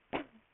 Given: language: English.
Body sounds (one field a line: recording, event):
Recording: throat vibration sensor signal played as sound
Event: cough